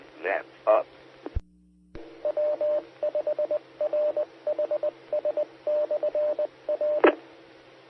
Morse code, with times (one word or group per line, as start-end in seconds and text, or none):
0.3-0.8 EI
2.2-7.1 W5RHS/R